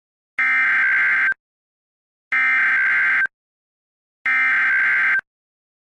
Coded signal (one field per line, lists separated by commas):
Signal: Emergency Alert System (SAME) tones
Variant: header bursts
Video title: Don’t Approach It; An EAS Scenario